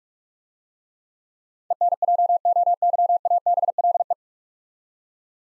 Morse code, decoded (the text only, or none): ENJOYABLE